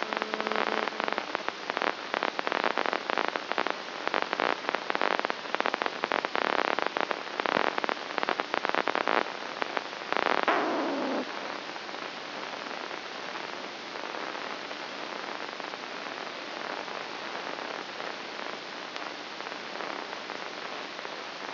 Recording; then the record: brain microelectrode recording played as sound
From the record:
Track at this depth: outside the subthalamic nucleus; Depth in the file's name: 1.241 mm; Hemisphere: left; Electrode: 2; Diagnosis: Parkinson's disease